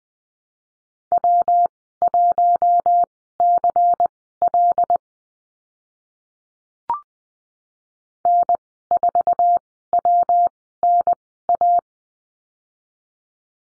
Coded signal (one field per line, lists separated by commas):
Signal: Morse code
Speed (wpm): 20 wpm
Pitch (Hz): 700 Hz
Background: none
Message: W1CL N4WNA